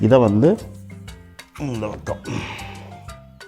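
A plastic nozzle attachment for a Tolsen high pressure washer is turned to its other side, for use with plain water pressure instead of soap water, and handled toward the coupling on the lance while someone talks over background music. Brief light handling taps occur at about 0.9, 1.1 and 1.4 seconds. Nothing has seated or clicked yet.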